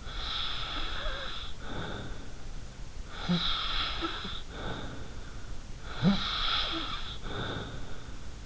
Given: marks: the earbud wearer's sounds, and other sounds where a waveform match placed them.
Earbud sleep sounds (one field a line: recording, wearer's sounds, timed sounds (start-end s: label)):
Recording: sounds in sleep by an in-ear microphone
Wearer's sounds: snoring breath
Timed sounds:
0.00-2.58 s: snoring breath
3.11-5.32 s: snoring breath
5.88-8.21 s: snoring breath